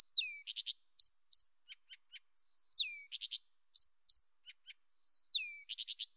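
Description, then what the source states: Blyth's reed warbler singing repeated phrases: a long falling whistle followed by a rapid buzzy trill, with scattered clicks and high chirps in between, about every two and a half seconds. Nominate subspecies, Acrocephalus dumetorum dumetorum.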